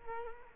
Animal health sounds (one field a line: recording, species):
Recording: mosquito wingbeat signal from an infrared sensor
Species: Culex quinquefasciatus